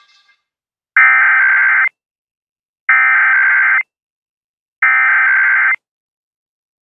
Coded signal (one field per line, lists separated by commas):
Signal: Emergency Alert System (SAME) tones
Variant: header bursts